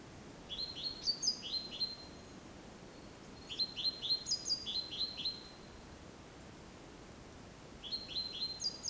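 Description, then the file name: Great tit giving three bursts of clipped, rising high notes with thin squeaky overtones, spaced by short silences. "Parus major"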